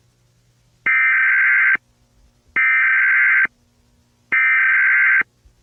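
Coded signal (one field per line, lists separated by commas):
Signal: Emergency Alert System (SAME) tones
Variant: header bursts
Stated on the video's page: A fictional, staged short EAS scenario.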